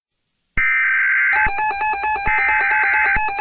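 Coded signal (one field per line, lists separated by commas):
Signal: Emergency Alert System (SAME) tones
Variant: header bursts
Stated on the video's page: Mock EAS severe thunderstorm warning, not a real alert.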